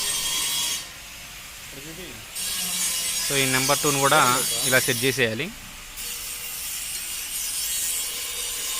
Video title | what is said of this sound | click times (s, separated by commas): lathe machine parts&chuck jaws typs | చూసుకోవచ్చు ఇదైతే lock అవ్వలేదు. అంటే మనం మళ్ళీ బ్యాక్కి వెళ్దాము. | none